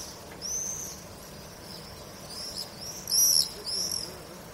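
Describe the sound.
Swifts screaming in sharp, high, buzzy bursts. The loudest bursts come near the end, over a faint continuous high scream.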